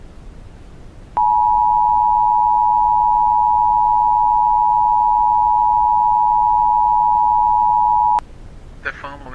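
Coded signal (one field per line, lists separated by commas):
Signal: Emergency Alert System (SAME) tones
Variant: 853 and 960 Hz attention tone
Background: speech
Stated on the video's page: Fictional EAS scenario, a simulated alert.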